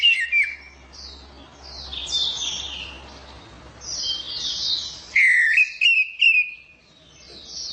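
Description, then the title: Orange-headed thrush song: a short opening phrase, then a loud string of clear whistled notes near the end, with high chattering notes throughout. Kicau mania songbird-hobby bird, called a champion, described as gacor (singing persistently), teler and doyong in style. "Kicau Mania Suara Burung Anis Merah Gacor Teler Doyorng Juara"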